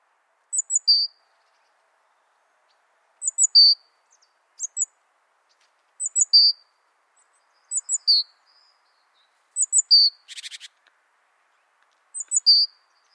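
Bird repeating a brief high phrase of two quick ticks and a clear chirp every few seconds, with one short buzzy rattle near the end.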